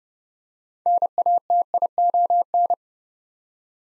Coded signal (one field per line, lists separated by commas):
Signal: Morse code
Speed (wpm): 30 wpm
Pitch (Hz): 700 Hz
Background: none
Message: NATION